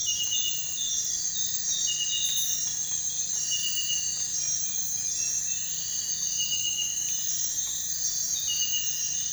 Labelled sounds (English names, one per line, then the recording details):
none
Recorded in dense forest near Puerto Asís, Putumayo, Colombia, on 22 December 2024 at 03:30
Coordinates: 0.468, -76.322
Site G071